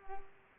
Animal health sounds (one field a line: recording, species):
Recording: mosquito wingbeat signal from an infrared sensor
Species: Culex pipiens